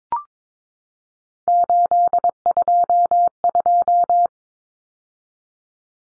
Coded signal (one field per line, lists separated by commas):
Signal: Morse code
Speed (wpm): 22 wpm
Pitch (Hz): 700 Hz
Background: none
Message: 822